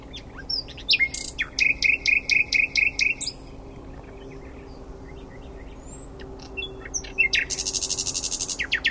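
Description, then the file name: Common nightingale song: rapid repeated notes around the middle pitch, a pause, then a loud buzzy rattle of fast high pulses near the end. "Luscinia megarhynchos"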